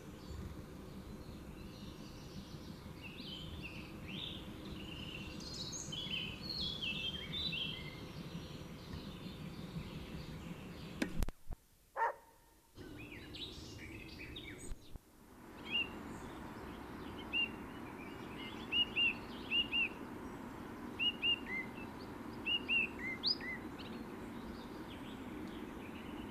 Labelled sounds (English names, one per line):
Common Blackbird song